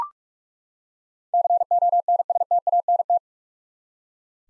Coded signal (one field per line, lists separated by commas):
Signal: Morse code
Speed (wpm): 43 wpm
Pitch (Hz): 700 Hz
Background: none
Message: CONSTANT